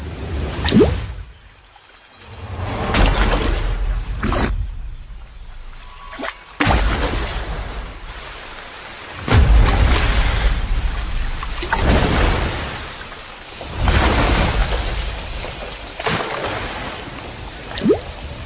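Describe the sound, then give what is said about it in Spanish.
A heavy downpour from a violent tropical storm, dropping up to 50 millimetres of rain an hour, roars steadily as a dense, hissing wash of rain that swells and eases in repeated surges, with deep rumbling bursts underneath and no voices. “Descargando hasta 50 milímetros de lluvia cada hora.”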